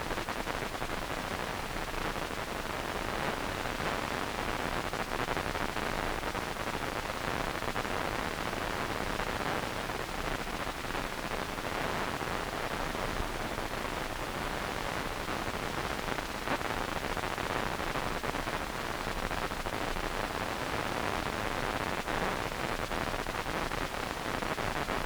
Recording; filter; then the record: brain microelectrode recording played as sound; wide band, above 20 Hz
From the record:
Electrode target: subthalamic nucleus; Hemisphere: right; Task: reaching with the left hand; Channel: 2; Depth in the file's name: 5.102 mm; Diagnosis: Parkinson's disease